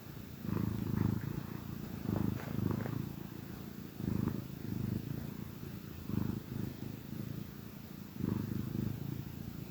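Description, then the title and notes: Cat purring in waves, low rumbling bursts separated by softer pauses. Gentle purrs of a contented cat. "Cat Cafe Purr-Finale. the gentle purrs of a contented cat"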